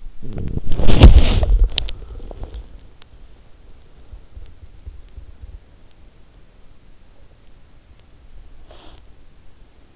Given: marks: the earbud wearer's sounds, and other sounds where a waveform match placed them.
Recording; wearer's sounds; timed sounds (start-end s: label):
sounds in sleep by an in-ear microphone; snoring breath, body movement, breath
0.00-0.88 s: snoring breath
0.61-3.66 s: body movement
8.55-9.35 s: breath